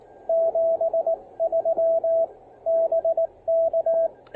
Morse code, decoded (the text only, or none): 73 BK